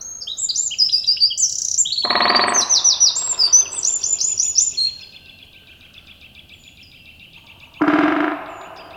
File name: Troglodytes troglodytes